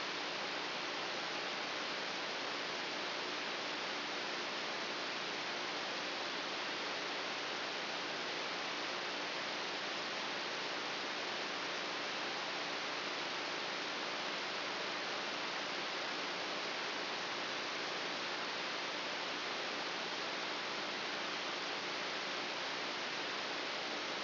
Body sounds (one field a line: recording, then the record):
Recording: brain microelectrode recording played as sound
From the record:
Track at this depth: outside the subthalamic nucleus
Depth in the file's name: 6.601 mm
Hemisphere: right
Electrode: 3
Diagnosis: Parkinson's disease